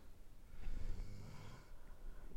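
A single low, rumbling snore lasting about a second, from a dog sleeping comfortably.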